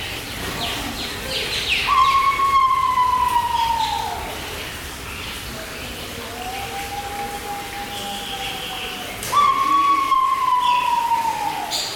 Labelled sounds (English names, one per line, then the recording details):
Pheasant Pigeon call
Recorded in captivity
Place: Zoo Berlin, Berlin, DE
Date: 1996-01-21 13:22
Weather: heiter, -7°C
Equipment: Sony MD-WM MZ-R3, Sennheiser ME 80, Kopie Uher 4000 Report Monitor
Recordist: Tembrock, Günter